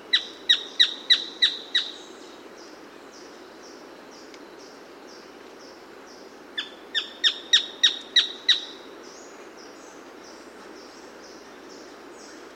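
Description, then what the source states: Striped foliage-gleaner calling: a run of about six sharp, grating notes, then after a long pause another fast series, with soft chirps and a steady hissing background throughout. South America.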